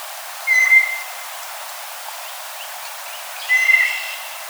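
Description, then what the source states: Blue jay giving two clear, level whistled notes about three seconds apart, each lasting roughly half a second, over a steady background hiss. Recorded on 4 January 2007.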